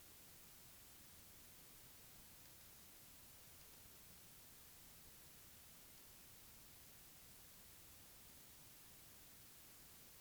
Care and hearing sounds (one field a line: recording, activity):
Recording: daily activity, guitar pickup as the sensor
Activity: lie down